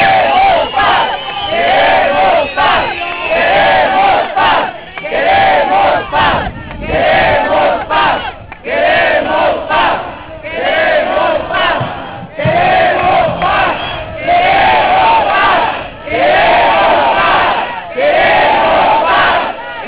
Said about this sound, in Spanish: Ahora griten con todo el alma otra vez por la paz.